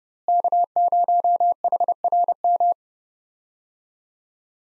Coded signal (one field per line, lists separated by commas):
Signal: Morse code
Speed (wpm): 30 wpm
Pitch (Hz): 700 Hz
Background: none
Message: K0HRM